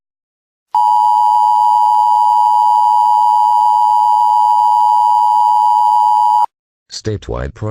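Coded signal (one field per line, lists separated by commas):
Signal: Emergency Alert System (SAME) tones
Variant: 853 and 960 Hz attention tone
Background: speech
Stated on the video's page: Fictional EAS doomsday scenario.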